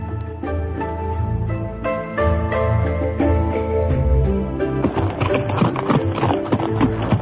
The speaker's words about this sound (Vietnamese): Đoàn Dự cùng với Ngữ Yên cưỡi chung một con ngựa, phóng qua không biết bao nhiêu vườn dâu